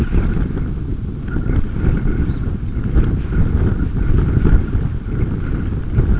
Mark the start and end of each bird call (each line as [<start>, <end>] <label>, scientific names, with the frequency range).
[2.13, 2.75] Phalaropus fulicarius (2.8-4.5 kHz)